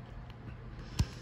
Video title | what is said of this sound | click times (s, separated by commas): MARVEL LEGENDS- Joe Fixit BAF Review | there we go pops right in | 1.0 s